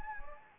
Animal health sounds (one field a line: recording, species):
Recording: mosquito wingbeat signal from an infrared sensor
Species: Anopheles gambiae